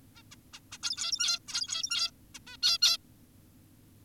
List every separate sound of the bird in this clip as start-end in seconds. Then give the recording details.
0.16-0.23, 0.32-0.36, 0.54-0.60, 0.72-0.78, 0.83-1.39, 1.48-2.11, 2.35-2.39, 2.47-2.57, 2.63-2.78, 2.82-2.98. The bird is an adult. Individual g17y2U